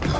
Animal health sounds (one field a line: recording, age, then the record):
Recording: pig call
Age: growing-finishing pig (85 days or more)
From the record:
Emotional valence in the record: positive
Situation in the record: run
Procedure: transit